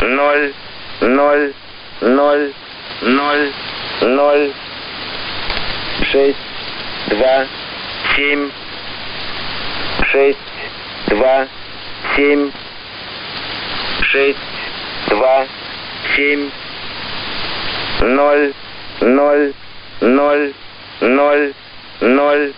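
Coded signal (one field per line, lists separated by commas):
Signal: numbers station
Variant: S06, Russian male voice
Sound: male voice reading short evenly spaced Russian number words, about one per second, through static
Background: radio static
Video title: 05 07 2019 S06 Russian Man Numbers station in Russian 2000 on 9336 unknown tx site in CUSB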